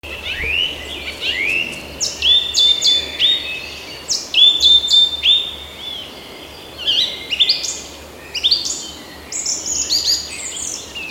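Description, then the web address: Song thrush singing bright, varied phrases, several notes repeated two or three times in quick succession before switching to a new phrase, over steady low background noise. "oeko hecke vogel sounds turdus philomelos"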